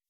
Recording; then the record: hydrophone in a shrimp aquaculture tank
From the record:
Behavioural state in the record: weakened